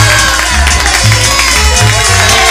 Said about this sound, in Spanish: ¡Que suenen esas palmas, por favor!